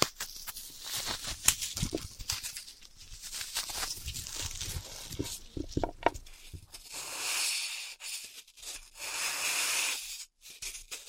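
Floral foam being tapped, cut and crushed, with a dense run of short crunchy crackles and soft thumps through the first seven seconds. After that the sound turns into a hissy, gritty scraping in two longer stretches, broken by a brief sharp tap near ten seconds.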